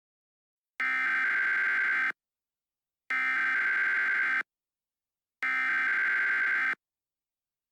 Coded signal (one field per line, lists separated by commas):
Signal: Emergency Alert System (SAME) tones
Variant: header bursts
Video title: EAS Scenario: Ultimate Halloween Part 2